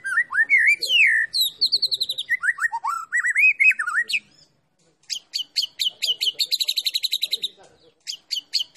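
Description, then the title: White-rumped shama song: fluting, warbling whistles that rise and fall, then a long run of rapid, high, sharp chattering notes. Recording used as masteran, training song for songbirds; described as a champion bird. "Masteran Murai Batu Juara"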